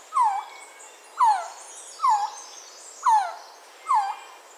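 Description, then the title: Resplendent quetzal calling: five loud, descending whine-like notes at roughly one-second intervals, with faint high sounds in the background. "Resplendent Quetzal (Pharomachrus mocinno)"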